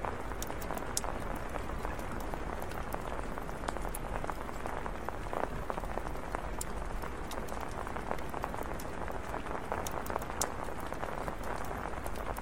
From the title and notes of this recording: Heavy Camping Rain on Tarp w/ Campfire. Rain & Fire Sounds.